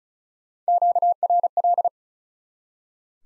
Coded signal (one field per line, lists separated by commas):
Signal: Morse code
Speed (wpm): 36 wpm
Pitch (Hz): 700 Hz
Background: none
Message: QRL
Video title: Top 20 QSO Elements 35wpm